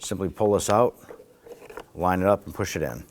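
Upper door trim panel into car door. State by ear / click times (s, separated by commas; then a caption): not seated / none. Someone talks while a small plastic upper door trim panel is lined up by the outward-curving notch on its bottom side and pushed into the car door of a 2008-2011 Ford Focus, during replacement of the front power window motor and regulator assemblies. Soft handling noises are heard between the speech. Nothing has seated or clicked yet.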